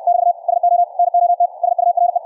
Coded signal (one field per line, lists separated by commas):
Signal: Morse code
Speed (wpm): 64 wpm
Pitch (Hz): 700 Hz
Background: none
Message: <BT> SO NOT SURE